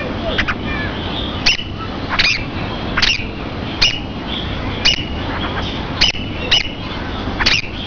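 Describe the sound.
Thrush giving sharp, abrupt high notes repeated roughly every second, each a quick downward stroke, against a constant hissing background.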